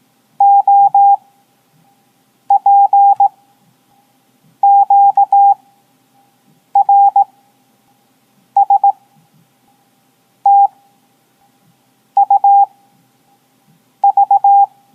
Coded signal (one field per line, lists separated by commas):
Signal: Morse code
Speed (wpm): 18 wpm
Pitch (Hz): 800 Hz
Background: none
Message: O P Q R S T U V